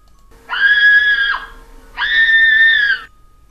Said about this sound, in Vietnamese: Tiếng hét sợ hãi vang lên, vọng khắp nhà xác.